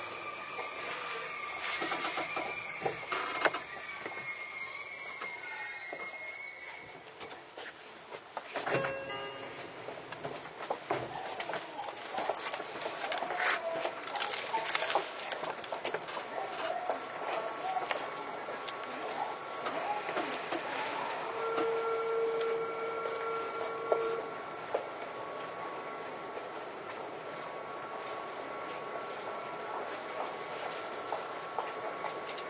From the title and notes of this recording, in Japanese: 相鉄20000系 横浜ー湘南台。快速に乗車し、録音。